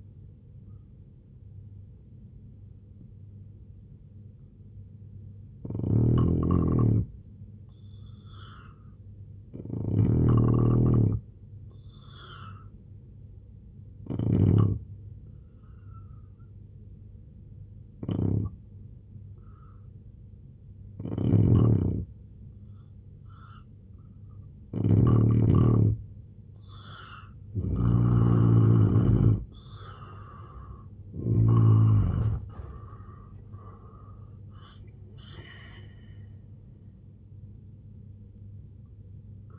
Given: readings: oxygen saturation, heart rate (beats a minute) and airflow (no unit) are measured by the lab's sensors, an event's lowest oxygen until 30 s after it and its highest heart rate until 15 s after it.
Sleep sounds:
breathing in sleep by a smartphone at the bedside; 1
4.00-16.50 s: hypopnea (N3, oxygen 88% highest, then 82% lowest, heart rate 73 at the start, 91 highest)
From the record:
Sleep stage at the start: N3 (deep sleep); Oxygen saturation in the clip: 83 to 88%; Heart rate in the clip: 71 to 96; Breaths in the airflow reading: 7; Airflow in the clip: -7.9 to 6.1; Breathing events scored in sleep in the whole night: 258 in 7.4 hours asleep

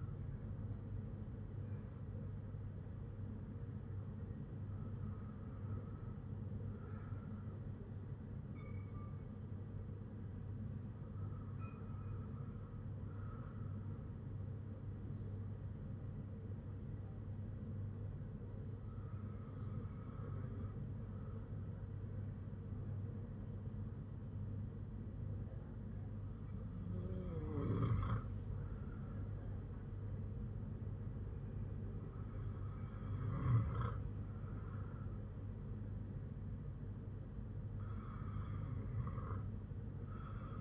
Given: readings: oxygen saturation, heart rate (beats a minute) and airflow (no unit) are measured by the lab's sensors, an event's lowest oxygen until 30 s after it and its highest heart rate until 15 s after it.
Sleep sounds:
breathing in sleep by a smartphone at the bedside; none
none scored
From the record:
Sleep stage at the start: N1 (lightest sleep); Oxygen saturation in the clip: 95 to 96%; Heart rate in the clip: 51 to 58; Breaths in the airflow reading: 8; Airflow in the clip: -5.0 to 6.1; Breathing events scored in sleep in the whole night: 182 in 7.4 hours asleep

